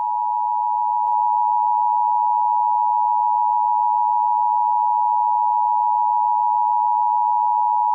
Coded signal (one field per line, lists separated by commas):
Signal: Emergency Alert System (SAME) tones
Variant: 853 and 960 Hz attention tone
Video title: EAS Scenario Two: Werewolf Invasion: Resistance and Redemption.